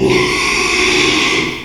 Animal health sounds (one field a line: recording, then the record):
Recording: squeal of a Yucatan mini pig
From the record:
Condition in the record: after surgery on the right vocal fold (resection and tissue-engineered implant)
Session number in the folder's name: 1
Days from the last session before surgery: 6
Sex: male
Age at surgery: 12 weeks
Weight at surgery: 13 kg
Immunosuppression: cyclosporine, prednisolone